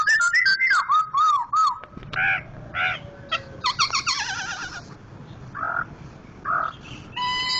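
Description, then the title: White-crested laughingthrush song: rapid slurred whistles dropping into harsh, croaking bursts, then a run of rapid chattering notes, more harsh bursts and high thin whistles to close. Sumatran form, loud-voiced, a national-level contest champion. "Poksay Hongkong gacor mantab (Gathutkaca)"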